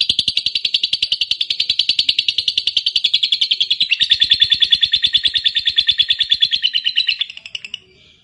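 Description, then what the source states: Lovebird song: a continuous run of fast, harsh, chattering notes that fades out with a few scattered chirps near the end. Fighter-type lovebird singing energetically (gacor).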